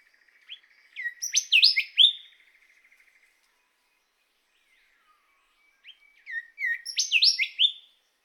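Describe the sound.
Golden whistler singing two loud phrases of quick whistled notes, with a soft, even trill under and after the first phrase.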